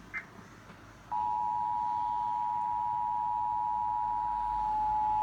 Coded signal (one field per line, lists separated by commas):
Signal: Emergency Alert System (SAME) tones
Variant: 853 and 960 Hz attention tone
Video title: (TRIPLE HEADER? + 2 TV EAS’s) 3 Severe Thunderstorm Warnings (EAS #29-31)